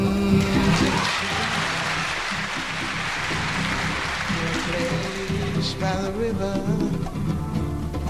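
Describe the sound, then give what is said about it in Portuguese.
A dense wash of crowd applause, edited into a live music recording, holds steady for several seconds over sustained music, and the melodic tones grow clearer and more prominent toward the end as the clapping continues. “E os caras editam um aplauso aqui que não tem nada a ver.”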